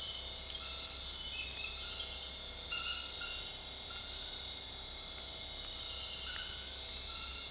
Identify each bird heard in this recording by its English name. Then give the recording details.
none. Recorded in dense forest near Puerto Asís, Putumayo, Colombia, on 21 February 2024 at 01:30. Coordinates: 0.485, -76.318. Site G6408